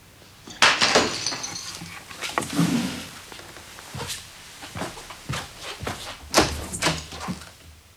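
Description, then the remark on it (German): A loud crash at the start as a flour jar hits the floor, followed by several scattered knocks, clatters and a muffled thud as things settle, with no voices. “Dir ist der Mehltopf hingefallen.”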